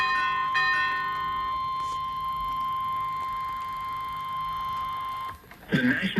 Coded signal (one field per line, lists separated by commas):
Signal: Emergency Alert System (SAME) tones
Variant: 1050 Hz attention tone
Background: music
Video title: BEFORE RICHMOND... Alerts from 7/29/23 (EAS #769 - 787)